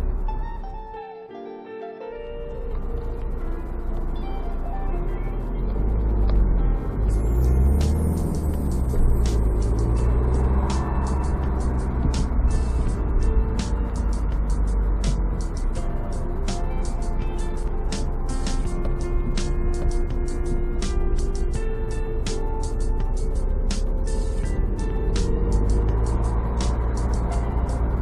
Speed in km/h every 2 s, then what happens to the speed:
14, 6, 2, 14, 21, 28, 24, 24, 24, 16, 15, 14, 20, 26.
0-3 brakes to 2. 4-10 pulls away to 28. 10-17 steady at about 24. 17-21 slows to 14. 21-28 speeds up to 26.